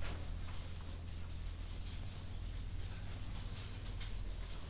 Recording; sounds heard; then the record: poultry house recording; no chicken sound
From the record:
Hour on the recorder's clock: 3